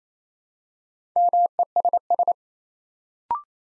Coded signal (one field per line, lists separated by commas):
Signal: Morse code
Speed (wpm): 27 wpm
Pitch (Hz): 700 Hz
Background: none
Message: MESS